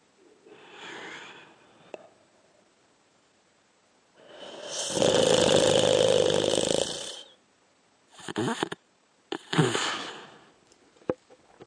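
A soft breath near the start is followed by a long, loud, rough rattling breath of about three seconds, then two shorter snorting bursts. This is an adult man snoring, as a sound effect.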